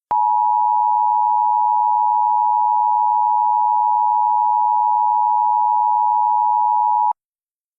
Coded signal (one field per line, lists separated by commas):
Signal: Emergency Alert System (SAME) tones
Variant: 853 and 960 Hz attention tone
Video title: EAS #70 - Severe Thunderstorm Warning